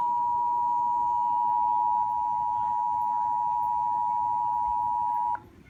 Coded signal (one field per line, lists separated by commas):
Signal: Emergency Alert System (SAME) tones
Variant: 853 and 960 Hz attention tone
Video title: SVR for Wytheville EAS #238